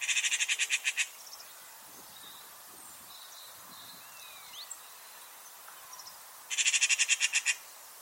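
Bird call: a rapid series of sharp, high pulsed notes lasting about a second, then quiet hiss with faint chirps, then the same pulsed burst again.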